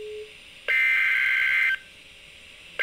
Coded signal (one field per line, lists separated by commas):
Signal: Emergency Alert System (SAME) tones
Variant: header bursts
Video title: Flood Warning (EAS #229)